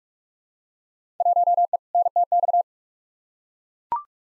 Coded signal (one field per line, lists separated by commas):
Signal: Morse code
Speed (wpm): 42 wpm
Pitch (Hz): 700 Hz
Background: none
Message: 1E NTX